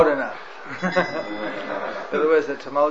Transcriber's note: laughter